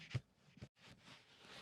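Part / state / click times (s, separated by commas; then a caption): rear seat headrest latching into the seat back / not seated / none. A folding rear-seat headrest is handled: it is folded down and brought back upright toward its latch in the seat back. A sharp knock comes at 0.2 s and a second thump near 0.6 s, followed by a brief silence and then soft rustling handling noise. Nothing has seated or clicked into place yet.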